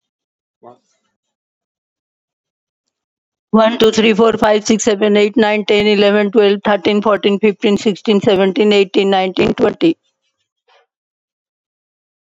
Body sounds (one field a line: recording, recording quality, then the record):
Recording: counting at a fast pace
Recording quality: excellent, no background noise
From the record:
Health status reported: COVID-19 positive, mild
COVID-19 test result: positive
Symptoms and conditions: cough, breathing difficulty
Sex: female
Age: 60 years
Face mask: not worn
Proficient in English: yes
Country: India